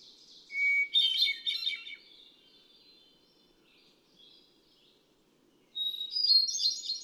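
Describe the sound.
Hermit thrush sings a low-pitched whistled phrase with a tumbling trill, a soft quiet gap, then a higher phrase at a different pitch.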